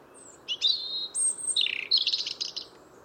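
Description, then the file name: European robin song: a thin high opening note, then quick tumbling phrases that jump between pitches, ending in a rapid trill, over a steady low background hum. "Erithacus rubecula"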